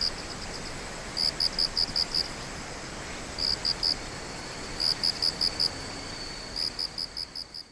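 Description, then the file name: Insect chirping: high, clicky pulse trains of several beats, returning about every two seconds against soft background hiss. "singing of insect"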